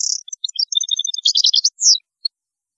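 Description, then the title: European goldfinch song, a fast liquid twittering phrase of high tinkling notes and trills, ending with a single note. "Chant Chardonneret"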